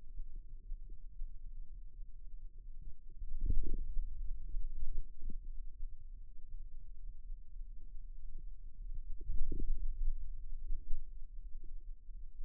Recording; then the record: forearm muscle sounds (acoustic myography)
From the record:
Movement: radial deviation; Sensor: system 2, bracelet of six BSWA MPA416 microphones around the upper forearm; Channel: 4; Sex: male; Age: 22 years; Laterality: right